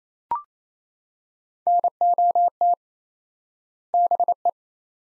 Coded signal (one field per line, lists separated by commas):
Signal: Morse code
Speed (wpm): 28 wpm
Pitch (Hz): 700 Hz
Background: none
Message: NOT BE